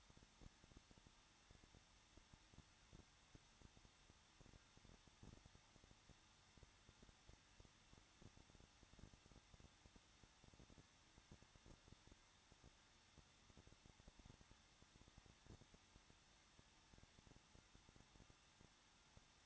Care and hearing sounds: daily activity, microphone in the room; no activity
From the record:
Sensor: 3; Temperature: 21.2 degrees Celsius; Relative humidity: 36.4%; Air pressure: 1006.3 hPa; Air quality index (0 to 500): 223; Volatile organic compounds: 42 ppm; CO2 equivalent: 3184 ppm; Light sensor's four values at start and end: 2/3/2/2 and 2/3/2/2

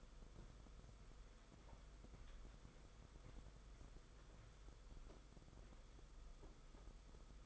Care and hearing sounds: daily activity, microphone in the room; walk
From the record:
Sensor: 5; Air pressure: 990.9 hPa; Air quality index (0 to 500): 147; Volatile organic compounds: 143 ppm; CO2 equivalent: 3990 ppm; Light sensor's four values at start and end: 42/128/49/52 and 41/128/49/52

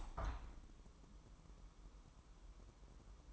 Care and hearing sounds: daily activity, microphone in the room; open window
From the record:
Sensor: 1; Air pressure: 1000.3 hPa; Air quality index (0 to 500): 246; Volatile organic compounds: 136 ppm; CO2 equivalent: 3958 ppm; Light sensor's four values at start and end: 10/25/10/11 and 11/27/11/12

